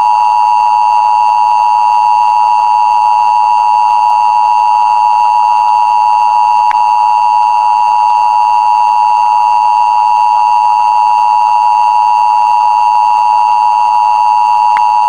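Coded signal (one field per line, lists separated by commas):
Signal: Emergency Alert System (SAME) tones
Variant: 853 and 960 Hz attention tone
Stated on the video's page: Fictional EAS scenario movie, made purely for entertainment.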